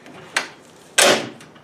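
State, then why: Seated. The second folding leg of a metal tool stand for a chop saw is moved into place and latches with a loud, sharp click at 0.98 s, after a smaller knock near 0.4 s. The leg is locked in and seated.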